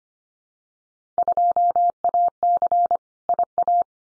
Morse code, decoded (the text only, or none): 2AC IA